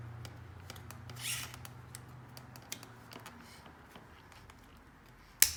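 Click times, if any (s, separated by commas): 5.4 s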